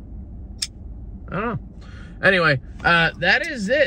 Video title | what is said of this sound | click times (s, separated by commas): EDC UPDATE - JUNE 2023 | just kind of does like a double click sound sometimes | 0.6 s